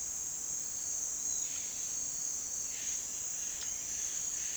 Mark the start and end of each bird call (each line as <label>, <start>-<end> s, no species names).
bird call, 1.01-4.57 s